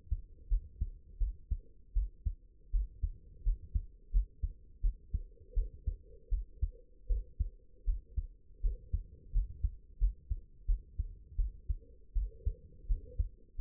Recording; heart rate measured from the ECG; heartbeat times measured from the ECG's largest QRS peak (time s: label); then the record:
heart sounds by stethoscope; 83 bpm
0.49 s: heartbeat
1.19 s: heartbeat
1.94 s: heartbeat
2.72 s: heartbeat
3.44 s: heartbeat
4.12 s: heartbeat
4.82 s: heartbeat
5.55 s: heartbeat
6.30 s: heartbeat
7.08 s: heartbeat
7.85 s: heartbeat
8.62 s: heartbeat
9.32 s: heartbeat
9.99 s: heartbeat
10.66 s: heartbeat
11.37 s: heartbeat
12.14 s: heartbeat
12.87 s: heartbeat
13.57 s: heartbeat
From the record:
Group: healthy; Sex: female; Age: 22 years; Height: 161 cm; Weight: 65.5 kg